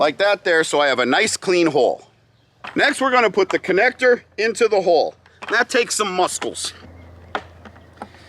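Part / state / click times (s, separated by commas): drip irrigation connector into a hole in a water container / seated / 7.3 s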